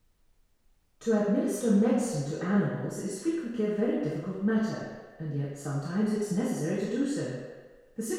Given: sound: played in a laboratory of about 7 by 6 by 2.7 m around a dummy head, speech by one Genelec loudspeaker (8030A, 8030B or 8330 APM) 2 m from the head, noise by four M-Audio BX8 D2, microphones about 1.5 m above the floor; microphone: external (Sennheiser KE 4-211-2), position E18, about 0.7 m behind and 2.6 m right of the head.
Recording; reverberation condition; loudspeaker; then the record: female speech in English; high; 90 degrees to the right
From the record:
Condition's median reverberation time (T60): about 1300 ms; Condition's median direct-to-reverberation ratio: about -4.0 dB